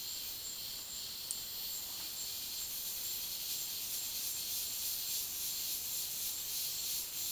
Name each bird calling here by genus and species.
none